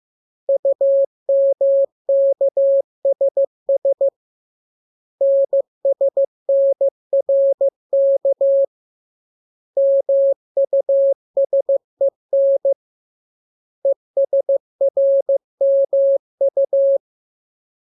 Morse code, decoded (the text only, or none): UMKSS NSNRK MUSEN ESRMU